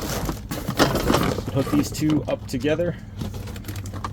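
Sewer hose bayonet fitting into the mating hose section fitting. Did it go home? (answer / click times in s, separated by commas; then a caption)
yes / 4.0 s. Someone talks while two plastic bayonet fittings on RV sewer hose sections are joined and twisted together, with light plastic handling clicks near the end. The fitting locks into the mating hose section with a sharp click at 4.1 s, and the coupling is seated.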